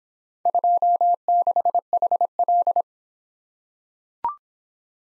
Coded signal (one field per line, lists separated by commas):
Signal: Morse code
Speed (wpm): 25 wpm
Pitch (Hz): 700 Hz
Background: none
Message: 26HL